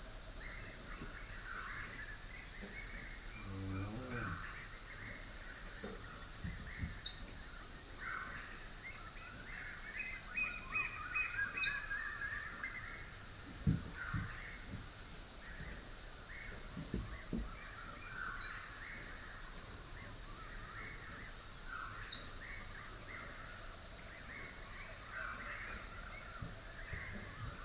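A rural dawn chorus in Rathdowney, Queensland, with many birds calling at once: high, quick chirps and trills repeating throughout, over softer warbling phrases lower down. A steady faint hiss sits underneath, with occasional low thumps and knocks.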